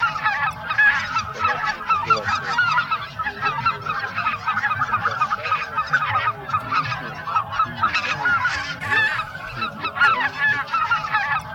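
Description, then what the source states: Greater white-fronted goose: a flock in a dense, continuous babble of overlapping yelping honks with no pauses. Flock chatter of greater white-fronted geese, a sound track for an electronic hunting caller.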